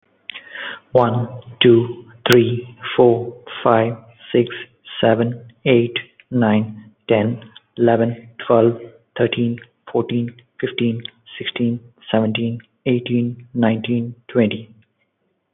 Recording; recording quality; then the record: counting at a normal pace; excellent, no background noise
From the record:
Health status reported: healthy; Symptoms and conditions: none ticked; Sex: male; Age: 34 years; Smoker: not ticked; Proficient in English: yes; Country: India